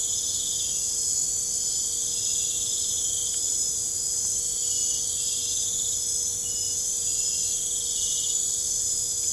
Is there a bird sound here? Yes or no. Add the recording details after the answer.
no. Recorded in pastures near Puerto Asís, Putumayo, Colombia, on 26 December 2024 at 01:00. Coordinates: 0.496, -76.326. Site G004